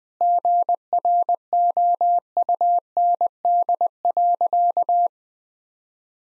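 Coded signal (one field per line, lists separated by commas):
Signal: Morse code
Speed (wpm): 20 wpm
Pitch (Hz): 700 Hz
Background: none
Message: GROUND.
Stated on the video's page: Morse sentence-copying drill at 20 wpm using common three-word phrases; each sentence sent, spoken, then sent again.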